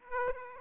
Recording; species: mosquito wingbeat signal from an infrared sensor; Aedes aegypti